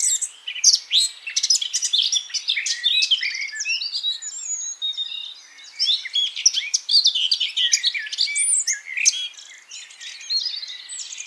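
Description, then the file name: Eurasian blackcap pouring out a dense, twittering warble of squeaky notes and thin rising whistles, steady throughout with small gaps. "Sylvia atricapilla"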